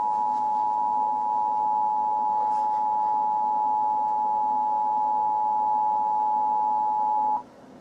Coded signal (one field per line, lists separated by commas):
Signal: Emergency Alert System (SAME) tones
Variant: 853 and 960 Hz attention tone